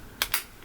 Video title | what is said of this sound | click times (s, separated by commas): How to: Easily repair your Oakley Chainlink Sunglasses with New Replacement Lenses - Seek Optics | And you should hear a pop, | 0.2 s